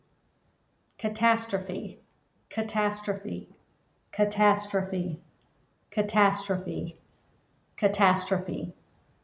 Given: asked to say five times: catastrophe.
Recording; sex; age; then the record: repeated word; female; 40 to 49 years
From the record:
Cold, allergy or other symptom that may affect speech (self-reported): no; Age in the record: 48 years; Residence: Georgia, United States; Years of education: 13